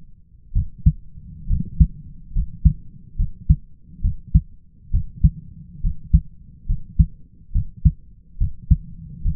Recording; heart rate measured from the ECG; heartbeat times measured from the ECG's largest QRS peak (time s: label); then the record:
heart sounds by stethoscope; 69 bpm
0.53 s: heartbeat
1.47 s: heartbeat
2.32 s: heartbeat
3.16 s: heartbeat
4.01 s: heartbeat
4.91 s: heartbeat
5.81 s: heartbeat
6.66 s: heartbeat
7.52 s: heartbeat
8.38 s: heartbeat
9.22 s: heartbeat
From the record:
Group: healthy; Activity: rest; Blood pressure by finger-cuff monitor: 124/69 mmHg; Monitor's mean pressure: 82 mmHg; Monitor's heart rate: 70 bpm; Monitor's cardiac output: 5.1 L/min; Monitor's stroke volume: 76 mL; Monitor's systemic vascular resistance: 1170 dyn s/cm5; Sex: male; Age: 20 years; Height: 167 cm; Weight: 61 kg